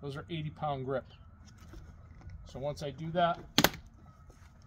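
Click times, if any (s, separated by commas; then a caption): 3.6 s. Someone talks as a flexible solar panel on the roof mount of a '15 Keystone Passport RV is released onto its 80 lb magnetic clasps. At 3.6 s there is a single sharp, loud snap with a faint echo right after, as the panel snaps into place and seats on the clasps.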